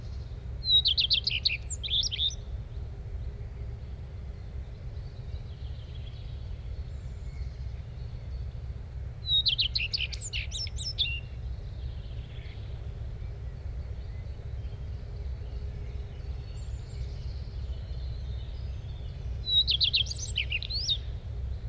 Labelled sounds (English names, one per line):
Common Redstart song